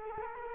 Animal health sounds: mosquito wingbeat signal from an infrared sensor; Culex quinquefasciatus

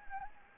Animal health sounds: mosquito wingbeat signal from an infrared sensor; Anopheles gambiae

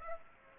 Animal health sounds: mosquito wingbeat signal from an infrared sensor; Aedes aegypti

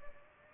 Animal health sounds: mosquito wingbeat signal from an infrared sensor; Culex pipiens

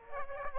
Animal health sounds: mosquito wingbeat signal from an infrared sensor; Aedes aegypti

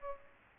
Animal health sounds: mosquito wingbeat signal from an infrared sensor; Aedes aegypti

